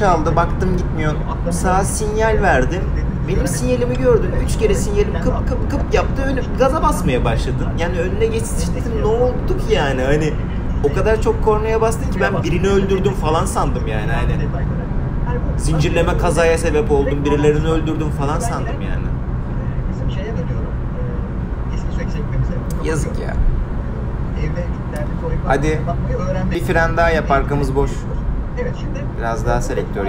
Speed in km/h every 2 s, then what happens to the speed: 130, 130, 132, 136, 135, 135, 132, 131, 128, 124, 121, 119, 112, 108, 106.
0-10 steady at about 132. 10-30 slows to 106.